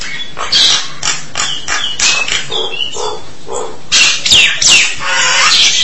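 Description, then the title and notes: Starling voice: squeaky whistles, nasal notes and harsh chatter, ending with louder sweeping whistled calls. "suara burung jalak"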